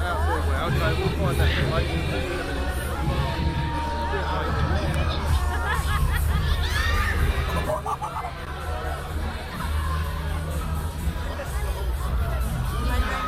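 A walk through Hyde Park toward the winter carnival, filled with a dense, steady babble of many voices talking at once. Occasional children's shouts and brighter cries rise above the crowd, over a constant low rumble of machinery that runs throughout.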